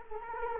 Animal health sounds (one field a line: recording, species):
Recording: mosquito wingbeat signal from an infrared sensor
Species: Culex quinquefasciatus